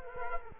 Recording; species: mosquito wingbeat signal from an infrared sensor; Culex quinquefasciatus